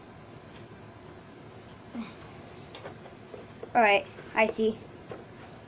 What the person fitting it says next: So it doesn't exactly snap in place, I don't think.